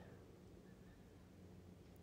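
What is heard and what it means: An ambidextrous lever for a Radian Talon 45/90 safety selector is started onto the selector drum in a rifle lower receiver with a fingernail, and the tool is positioned to push the detent down before the lever is pushed home. Only a steady low hum and faint background noise are heard, with no sharp sounds. Nothing has seated or clicked yet.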